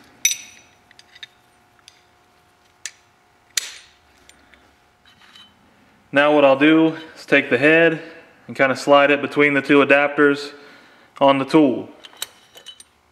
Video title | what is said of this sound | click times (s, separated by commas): Valve Removal & Installation Method 1 : Valve Spring Compressor | With this Pit Posse tool, it's very easy. They just snap into place. | 0.2 s, 3.6 s